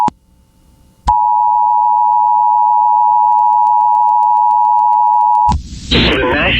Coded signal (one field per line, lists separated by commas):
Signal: Emergency Alert System (SAME) tones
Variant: 853 and 960 Hz attention tone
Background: speech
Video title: (EAS #6) Central California FLASH FLOOD WARNING on KALT-FM